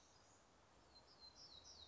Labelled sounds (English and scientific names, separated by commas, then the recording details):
Black-throated Gray Warbler (Setophaga nigrescens)
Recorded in Sonoma County, California